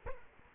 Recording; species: mosquito wingbeat signal from an infrared sensor; Culex quinquefasciatus